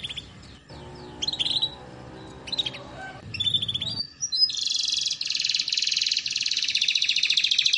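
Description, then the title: Canary singing, scattered whistled and sliding notes over a low background hum, then a sustained fast rolling trill for the last few seconds. Belgian canary; song played to warm up and train canaries, used as master song for young canaries learning sounds. "Canto Para Esquentar Canário Belga. Terapi Pancingan Suara Kenari Gacor || Masteran Kenari Paud Belajar Bunyi"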